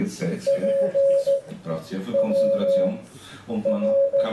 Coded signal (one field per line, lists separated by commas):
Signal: Morse code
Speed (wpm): 15 wpm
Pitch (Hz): 550 Hz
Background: speech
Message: PWR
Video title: Copy CW in Your Head Friederichshafen 2018